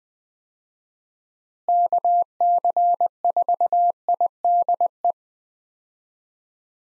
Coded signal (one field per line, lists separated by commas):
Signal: Morse code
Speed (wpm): 21 wpm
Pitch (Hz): 700 Hz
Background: none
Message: KC4IDE